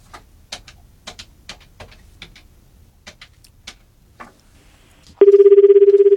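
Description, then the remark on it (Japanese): A string of sharp, irregular clicks like a number being dialed, then a loud, steady, buzzing ring tone of an outgoing phone call to a listener's home in Hyogo Prefecture, Japan, that starts abruptly and continues to the end. “じゃあ電話したらそれまたハガキ返してね。”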